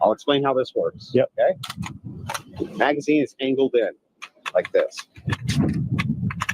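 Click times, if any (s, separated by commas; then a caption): 6.5 s. A loaded AK-pattern rifle magazine is angled into the rifle's magazine well and rocked back while someone talks, with a cluster of sharp metallic clicks near the end. It latches home and seats at 6.5 s, held firmly in place.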